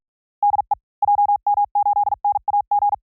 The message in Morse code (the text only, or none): DE JM8NAG